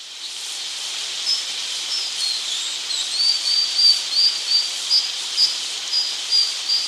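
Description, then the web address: White-capped dipper uttering high, thin, clipped notes, sparse at first and then a regular run, over a continuous roaring hiss of water. Recorded in Ecuador. "Birds of Ecuador. White-capped Dipper"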